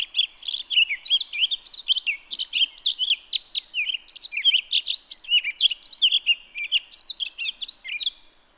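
Townsend's solitaire song, a fast, jumbled flow of bright warbled notes and short trills that carries on steadily, then ends abruptly near the close.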